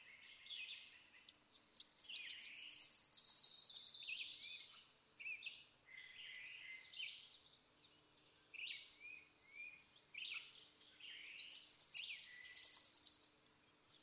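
Tennessee warbler giving two songs about ten seconds apart, each a rapid, loud, high-pitched staccato chatter, with softer scattered notes in between.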